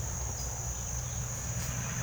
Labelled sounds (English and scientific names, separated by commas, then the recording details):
none
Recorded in pastures near Puerto Asís, Putumayo, Colombia, on 9 March 2025 at 08:00
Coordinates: 0.497, -76.327
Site G072